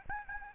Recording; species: mosquito wingbeat signal from an infrared sensor; Aedes albopictus